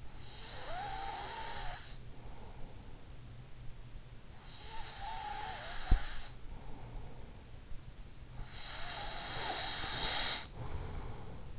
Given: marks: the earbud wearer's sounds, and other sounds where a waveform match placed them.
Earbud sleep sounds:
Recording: sounds in sleep by an in-ear microphone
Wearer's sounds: snoring breath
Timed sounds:
0.00-3.24 s: snoring breath
4.46-7.42 s: snoring breath
8.23-11.59 s: snoring breath

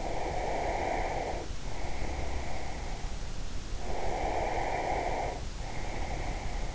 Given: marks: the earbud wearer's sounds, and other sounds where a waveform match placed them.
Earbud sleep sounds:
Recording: sounds in sleep by an in-ear microphone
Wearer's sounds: breath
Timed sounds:
0.00-2.95 s: breath
3.66-6.34 s: breath

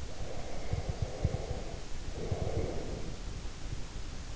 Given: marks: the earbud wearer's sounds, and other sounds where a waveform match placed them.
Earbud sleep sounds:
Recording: sounds in sleep by an in-ear microphone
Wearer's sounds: breath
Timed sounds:
0.00-3.28 s: breath

